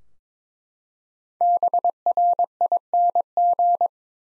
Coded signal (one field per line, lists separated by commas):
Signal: Morse code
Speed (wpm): 22 wpm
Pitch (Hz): 700 Hz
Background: none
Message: BRING